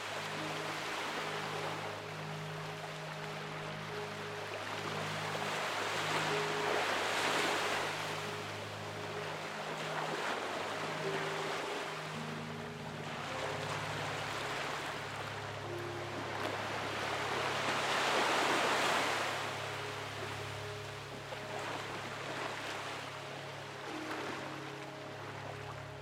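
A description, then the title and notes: Soft piano notes sit low behind ocean waves, playing slow, sustained tones in a steady, unhurried line. The surf rises and falls in broad washes, swelling around seven seconds and again near eighteen, with a constant hiss of water between. Calming Piano Music with Ocean Sounds. Soft piano set behind ocean waves gently crashing to shore.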